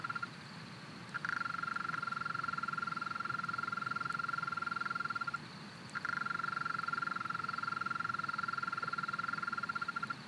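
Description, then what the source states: European mole cricket song, a sustained rapid pulsed trill that starts after a second, stops for half a second near the middle, then resumes steadily. Small population in a flooded alpine pasture at 1250 m, Le Villard, Drôme, 3 May 2020; heard there each year at this season; stereo recording, Nagra Seven with MKH40 microphone.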